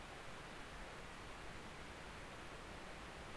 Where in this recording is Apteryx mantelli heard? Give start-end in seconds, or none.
none